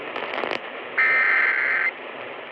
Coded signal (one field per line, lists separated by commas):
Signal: Emergency Alert System (SAME) tones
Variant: header bursts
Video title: EAS #3378 Tornado Warning on WTMJ-AM